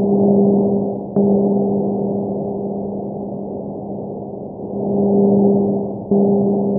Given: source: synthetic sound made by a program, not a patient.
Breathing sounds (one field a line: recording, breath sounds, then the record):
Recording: synthetic breath sounds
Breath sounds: bronchial breath sounds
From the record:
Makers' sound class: normal breath sounds